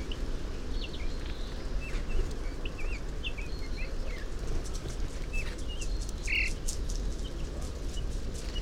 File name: Pyrrhula pyrrhula